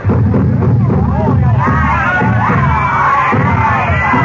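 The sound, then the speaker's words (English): A dense, steady babble of many men's voices talking and calling out at once, loud throughout, with occasional raised shouts rising above the general hubbub of a small group of men gathering in a bazaar. “I don't like this crowd.”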